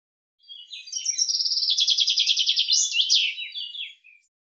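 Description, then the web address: Common chaffinch delivering a complete song phrase: soft opening notes, a fast even trill that drops in pitch, and a crisp flourish at the end. "Deverinetal 2025 File cleaned normalized Bird Fr Co"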